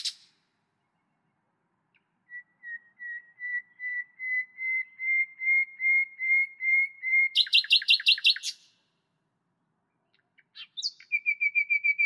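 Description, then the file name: Common nightingale song: a long slow series of pure whistled notes swelling in loudness, then a fast buzzy rattling trill, and after a pause another rapid repeated phrase. "Luscinia megarhynchos"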